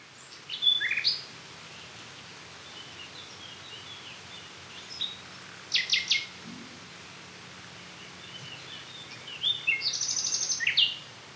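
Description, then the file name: Common nightingale song, brief phrases of high whistles, clicks and rapid trilled notes separated by long gaps, with a constant hiss behind. "Luscinia megarhynchos"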